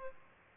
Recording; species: mosquito wingbeat signal from an infrared sensor; Aedes aegypti